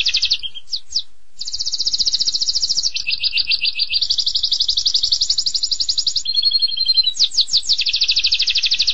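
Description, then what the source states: Canary singing a continuous series of fast, high trills, each phrase switching pitch and tempo, from rolling chatter to a lower buzzy segment, over faint low noise. Canary song used as a training recording (masteran) for other birds; described as gacor, meaning singing constantly.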